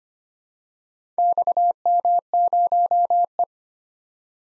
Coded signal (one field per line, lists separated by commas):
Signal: Morse code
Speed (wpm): 25 wpm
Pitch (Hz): 700 Hz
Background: none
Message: XM0E